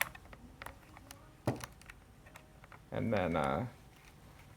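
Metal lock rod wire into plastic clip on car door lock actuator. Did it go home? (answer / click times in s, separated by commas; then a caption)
no / none. On a Honda Fit or Honda Jazz with a broken automatic door lock actuator being fixed for $5, a metal lock rod wire is fed through the hole in the door lock mechanism before the plastic retaining clip is pushed down to lock it. Small, sharp handling taps land at about 0.0, 0.6, 1.1 and 1.5 s, and someone talks briefly from about 2.9 to 3.7 s. Nothing has seated or clicked yet.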